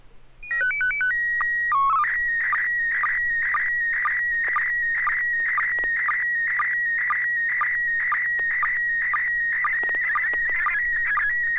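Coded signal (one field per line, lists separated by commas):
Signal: SSTV (slow-scan television)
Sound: quick alternating beeps, a steady whistle, then warbling tone with regular ticking pulses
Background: low mains hum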